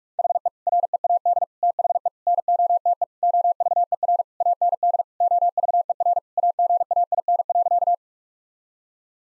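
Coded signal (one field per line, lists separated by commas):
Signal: Morse code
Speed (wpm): 43 wpm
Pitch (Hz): 700 Hz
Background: none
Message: HE READ THE NOTE OVER AND OVER AGAIN.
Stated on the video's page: Morse practice at 45 wpm, sending sentences built on common four-word phrases for head-copy drill, each sentence sent in Morse, then spoken, then sent again.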